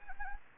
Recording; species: mosquito wingbeat signal from an infrared sensor; Anopheles gambiae